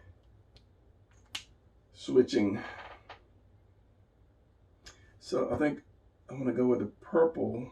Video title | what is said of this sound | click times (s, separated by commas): Coloring My Action Pose Drawing Tombow vs Copic | and you hear the snapping of the caps because i am continuously switching | 1.3 s